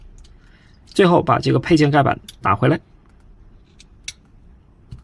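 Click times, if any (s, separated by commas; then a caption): 4.1 s. Someone talks while the plastic accessory cover panel on the leg of a Transformers Studio Series 86 Deluxe Windcharger figure, fitted with its accessory kit, is flipped back and pressed shut. After the talking, one sharp click is heard at 4.1 s as the cover panel snaps back into place, seated.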